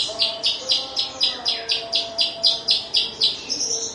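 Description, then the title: Horsfield's bush lark song, a steady series of short buzzy chirps repeated about four times a second, with a faint hum behind. Recorded in Situbondo, East Java, Indonesia. "Branjangan Javanica Ktp Situbondo Jatim"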